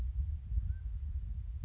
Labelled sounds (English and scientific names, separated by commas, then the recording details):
Mountain Quail (Oreortyx pictus)
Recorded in Sonoma County, California